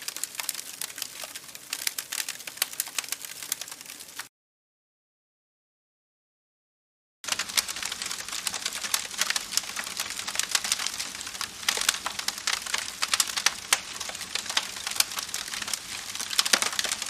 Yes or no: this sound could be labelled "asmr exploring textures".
no